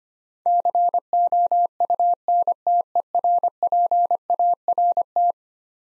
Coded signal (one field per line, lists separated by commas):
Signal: Morse code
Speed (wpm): 25 wpm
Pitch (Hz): 700 Hz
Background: none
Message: COUNTERPART